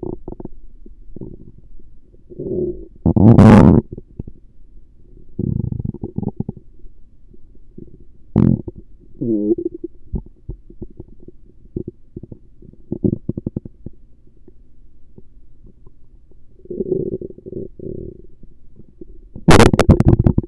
Stomach Rumbling Gurgles.